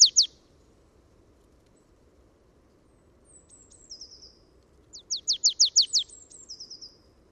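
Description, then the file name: Marsh tit: two brief sharp notes at the start, soft high slurred notes, then a rapid run of sharp repeated notes followed by more soft slurred notes. "Poecile palustris"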